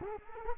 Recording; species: mosquito wingbeat signal from an infrared sensor; Culex quinquefasciatus